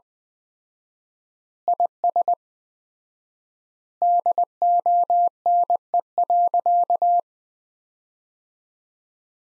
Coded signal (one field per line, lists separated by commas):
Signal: Morse code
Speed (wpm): 21 wpm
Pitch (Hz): 700 Hz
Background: none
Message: IS DONE.